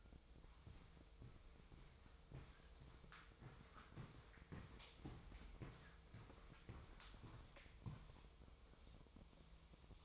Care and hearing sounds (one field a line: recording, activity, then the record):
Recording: daily activity, microphone in the room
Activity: walk to room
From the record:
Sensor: 1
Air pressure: 999.4 hPa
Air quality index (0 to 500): 198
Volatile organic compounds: 39 ppm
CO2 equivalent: 3140 ppm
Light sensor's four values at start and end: 9/23/9/10 and 7/17/7/7